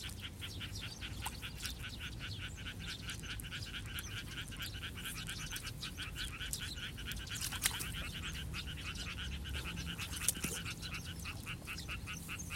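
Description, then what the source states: Frog calling in a long, steady series of rapid, evenly spaced pulsed croaks. Heard occasionally at a traditional water-seeded rice nursery paddy in rice-planting season, while seedlings are pulled by hand and bundled with straw.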